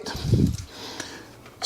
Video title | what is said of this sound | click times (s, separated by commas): Sun Joe Portable Air Compressor Unboxing Demonstration and Review | slides right back on just like that pops into place | 1.0 s